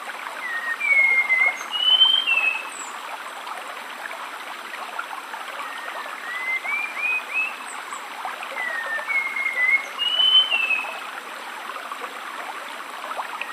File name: Spot winged Thrush at a rainforest stream